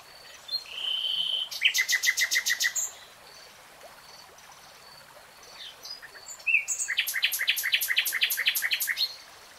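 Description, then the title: Nightingale song: a short whistle followed by rapid chattering notes, a pause, then another fast series of sharp repeated notes. Singing in real time. "Tiếng chim hót Nightingale Singing"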